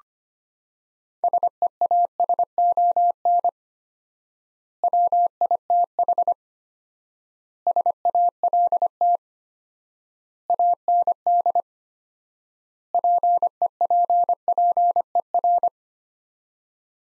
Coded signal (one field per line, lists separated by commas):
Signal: Morse code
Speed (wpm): 25 wpm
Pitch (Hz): 700 Hz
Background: none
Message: SEASON WITH SALT AND PEPPER